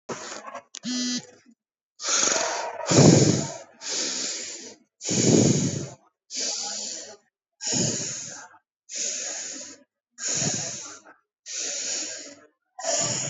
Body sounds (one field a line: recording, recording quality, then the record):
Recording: shallow breathing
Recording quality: excellent, no background noise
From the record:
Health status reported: healthy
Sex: male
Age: 28 years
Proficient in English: yes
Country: India